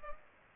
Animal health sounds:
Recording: mosquito wingbeat signal from an infrared sensor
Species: Culex pipiens

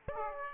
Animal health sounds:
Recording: mosquito wingbeat signal from an infrared sensor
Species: Aedes aegypti

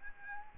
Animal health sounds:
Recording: mosquito wingbeat signal from an infrared sensor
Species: Aedes albopictus

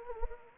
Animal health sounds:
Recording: mosquito wingbeat signal from an infrared sensor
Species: Anopheles gambiae

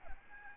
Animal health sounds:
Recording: mosquito wingbeat signal from an infrared sensor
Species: Aedes albopictus

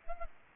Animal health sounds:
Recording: mosquito wingbeat signal from an infrared sensor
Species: Anopheles gambiae

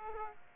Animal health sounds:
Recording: mosquito wingbeat signal from an infrared sensor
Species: Aedes aegypti

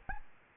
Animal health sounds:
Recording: mosquito wingbeat signal from an infrared sensor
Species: Aedes albopictus

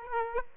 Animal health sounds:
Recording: mosquito wingbeat signal from an infrared sensor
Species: Aedes aegypti

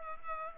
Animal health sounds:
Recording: mosquito wingbeat signal from an infrared sensor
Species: Culex pipiens

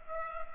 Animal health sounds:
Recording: mosquito wingbeat signal from an infrared sensor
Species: Culex pipiens

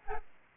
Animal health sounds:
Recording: mosquito wingbeat signal from an infrared sensor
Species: Aedes albopictus

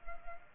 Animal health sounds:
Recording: mosquito wingbeat signal from an infrared sensor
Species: Culex pipiens

